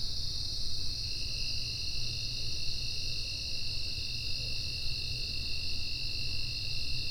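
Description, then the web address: Steady high insect trilling with two layered bands that never pause, heard above a persistent low-pitched hum. "Soundfx IV. General Insects"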